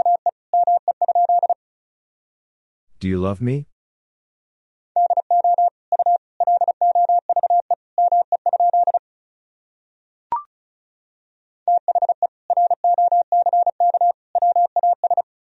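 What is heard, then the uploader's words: Morse code beeps in a steady mid-pitched tone, keyed in rapid groups of short and long pulses across three runs, at the start, from about five to nine seconds, and near the end. A brief voice-like sound interrupts around three seconds, and a single click comes near ten seconds. Sentences from Top 400 Words and Abbreviations 35wpm. First, the words and abbreviations are sent in Morse code.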